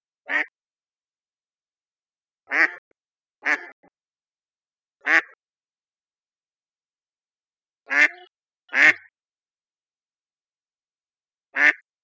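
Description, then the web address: Mallard with harsh single quacks spaced irregularly, several over twelve seconds, some in quick pairs, with silence between them. "birdfinder"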